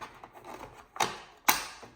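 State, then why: Seated. A brush roller is pushed back into a UWANT V500 vacuum floor head, with light plastic rattles and a sharp knock near 1.0 s. It clicks into place at 1.5 s, seating the roller.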